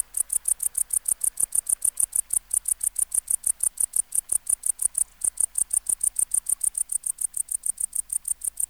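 Bush-cricket Tettigonia hispanica singing a long, even series of rapid, sharp, high, ticking-buzz pulses.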